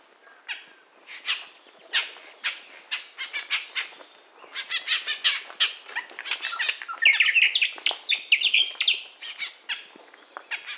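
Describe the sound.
Bird uttering rapid, scratchy squawks and chirps that build into a dense, noisy chatter in the second half, then thin out again.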